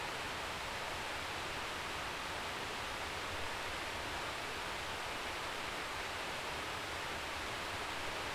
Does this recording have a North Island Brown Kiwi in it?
no